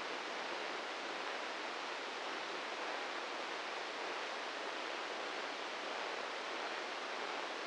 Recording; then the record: brain microelectrode recording played as sound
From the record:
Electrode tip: inside the subthalamic nucleus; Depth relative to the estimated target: 2 mm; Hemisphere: left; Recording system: NeuroSet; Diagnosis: Parkinson's disease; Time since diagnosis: 15 years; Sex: male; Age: 65 years